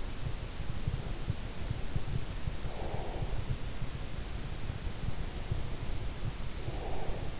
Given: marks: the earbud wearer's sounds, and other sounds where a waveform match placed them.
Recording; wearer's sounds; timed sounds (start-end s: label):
sounds in sleep by an in-ear microphone; breath
0.81-3.58 s: breath
5.08-7.40 s: breath